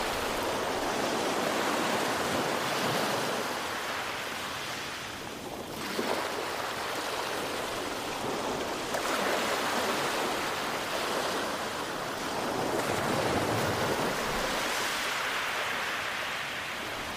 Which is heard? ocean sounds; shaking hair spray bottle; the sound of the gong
ocean sounds